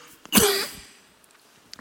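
A single sharp, loud cough from an adult man, one in a recurring series, about a third of a second long, with a voiced, throaty onset and a harsh noisy tail that fades out. The room is otherwise quiet. It is a plain cough.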